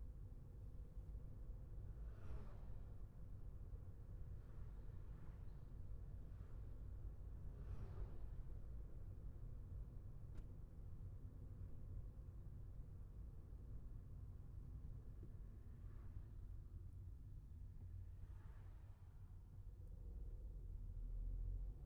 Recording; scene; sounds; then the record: everyday scene through a hearing-aid microphone; in a vehicle; engine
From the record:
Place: Skoda Fabia, gasoline engine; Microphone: behind the ear, left, front